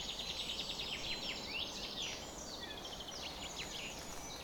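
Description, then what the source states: Birds in a dawn chorus, a rapid trill at the start followed by many mixed chirps and whistled notes overlapping, soft background hiss. Summer morning dawn chorus at 4:40 am.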